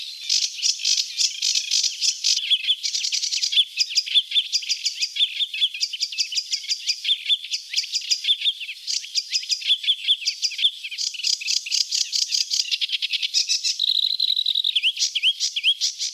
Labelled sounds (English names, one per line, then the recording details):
Sedge Warbler song
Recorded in the wild
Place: Flögelner See, SH, Schleswig-Holstein, DE
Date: 1980-05-28
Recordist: Schwarz, Dieter
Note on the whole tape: Song